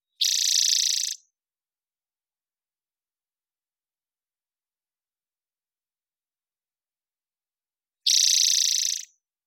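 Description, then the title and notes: Spotted towhee singing two separate buzzy trills, each about a second long, with a long silence between. Recorded in the Pacific Northwest, Washington, United States, with a parabolic microphone; clean-processed for clarity with natural pace and rhythm kept. "BIRDSong New World Sparrows - Spotted Towhee Song. Spotted Towhee, Pipilo maculatus, parabolic recording. Recorded in the beautiful Pacific Northwest, Washington, United States"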